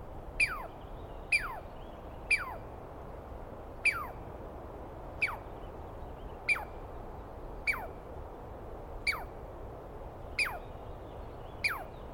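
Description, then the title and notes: Douglas squirrel calls, sharp screeching notes that slide steeply downward, ten in a row about once a second, over a soft background hiss. Wild animal, probably a Douglas pine squirrel, screaming at length; recorded at dawn, 21 April 2017, in the East Cascades; identified by sound, not clearly seen. "Interview With The Chipmunk. On the morning of 21 April, 2017, I set up my microphones and recorder for a nice dawn recording in the East Cascades. I was started awake by a screaming Douglas Pine Squirrel"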